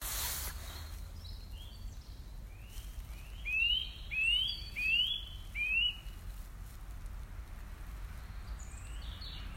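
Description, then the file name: Eurasian nuthatch calls: four loud rising whistled notes about 0.7 seconds apart near the middle, a few fainter high notes later, over steady low background noise. "Sitta europaea"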